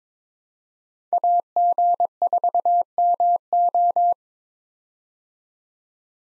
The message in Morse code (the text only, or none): AG4MO